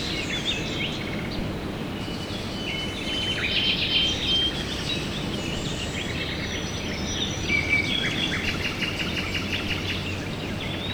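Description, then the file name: Several birds singing at once, varied whistles, chirps and rattling trills, over constant background hiss. Recorded at dawn, 5 a.m. "hajnal 5 ora madarak"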